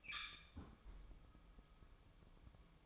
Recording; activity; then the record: daily activity, microphone in the room; close fridge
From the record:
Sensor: 1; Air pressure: 1007.7 hPa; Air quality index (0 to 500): 92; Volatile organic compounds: 1 ppm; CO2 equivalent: 785 ppm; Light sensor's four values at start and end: 14/34/14/16 and 14/34/14/16